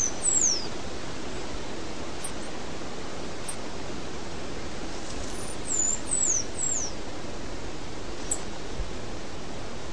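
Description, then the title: Half-collared sparrow song: scattered very high, thin notes, with a quick run of three descending slurs in the second half, over steady hiss. "LuckyPassaro Completos2Sama. Half-collared Sparrow (Arremon semitorquatus)"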